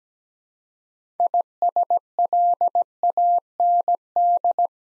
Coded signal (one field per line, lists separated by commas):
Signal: Morse code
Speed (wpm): 17 wpm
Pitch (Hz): 700 Hz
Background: none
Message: ISLAND